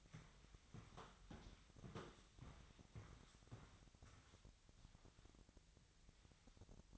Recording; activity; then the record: daily activity, microphone in the room; walk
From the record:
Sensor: 3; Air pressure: 1001.6 hPa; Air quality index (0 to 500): 226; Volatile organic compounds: 33 ppm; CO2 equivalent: 3016 ppm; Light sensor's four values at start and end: 13/39/17/14 and 13/38/16/14